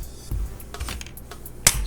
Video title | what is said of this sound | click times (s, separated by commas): Zirc Cassettes | sliding the door close clicks into place | 1.7 s